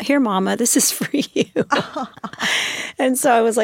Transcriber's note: laughter